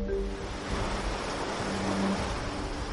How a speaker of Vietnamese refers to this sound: Dọc theo những làng chài đơn sơ, quanh năm nghe tiếng sóng vỗ rì rào,